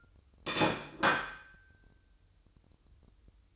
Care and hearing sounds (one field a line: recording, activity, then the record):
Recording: daily activity, microphone in the room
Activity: place plate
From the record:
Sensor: 2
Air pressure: 988.5 hPa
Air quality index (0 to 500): 193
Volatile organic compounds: 198 ppm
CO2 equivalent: 4206 ppm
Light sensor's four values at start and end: 19/64/25/24 and 19/64/25/24